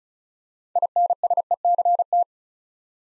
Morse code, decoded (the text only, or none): INSECT